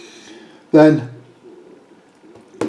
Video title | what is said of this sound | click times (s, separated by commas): Abrams M1 A2 Tusk1- Tusk2 Main Battle Tank (Part 4 Building the Tracks) | press down you might have heard the little click | 2.6 s